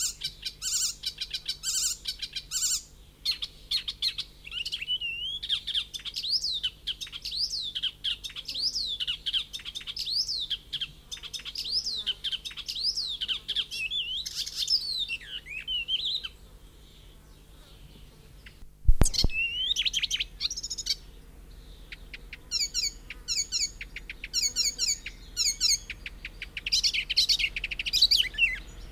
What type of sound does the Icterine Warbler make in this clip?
song